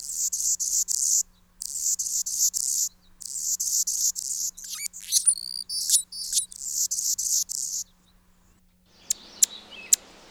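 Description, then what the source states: Anna's hummingbird song: very high, scratchy, buzzing phrases repeated in quick bursts with a few squeaky slurred notes in the middle, then a brief patch of faint noise and clicks. City bird of Vancouver; calls very high-pitched and hard to hear with high-tone hearing loss.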